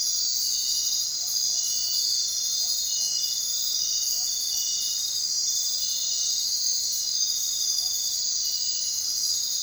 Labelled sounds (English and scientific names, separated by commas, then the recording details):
none
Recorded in secondary vegetation near Puerto Asís, Putumayo, Colombia, on 22 June 2025 at 22:30
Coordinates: 0.499, -76.323
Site G077